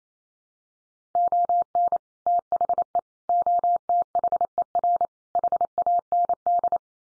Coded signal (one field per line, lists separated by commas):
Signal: Morse code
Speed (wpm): 28 wpm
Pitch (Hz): 700 Hz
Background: none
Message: ON THE OTHER HAND